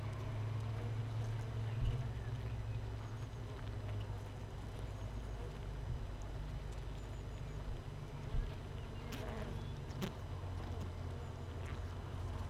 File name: Hive 1 31 05 2018 NO Queen Bee H 1